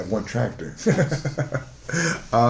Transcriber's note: laughter